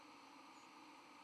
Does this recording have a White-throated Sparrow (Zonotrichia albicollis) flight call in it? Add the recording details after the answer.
yes. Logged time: 07:41 on 31 October 2014